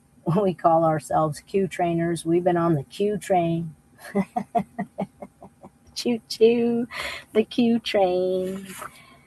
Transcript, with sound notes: we call ourselves Q Trainers. We've been on the Q Train. (laughs) Choo-choo, the Q Train.